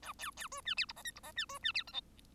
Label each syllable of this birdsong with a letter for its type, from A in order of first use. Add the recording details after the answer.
A B B C D E F G H F G D C D E I J. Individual Bird1